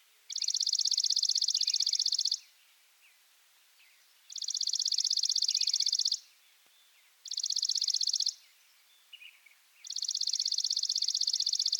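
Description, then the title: Chipping sparrow repeating fast, buzzy, level trills of high chip notes, four bursts with pauses of one to two seconds, faint chirps from other birds underneath. Subspecies Spizella passerina arizonae; used as a master song for training birds. "burung gereja dead sea masteran. Chipping Sparrow (Spizella passerina arizonae)"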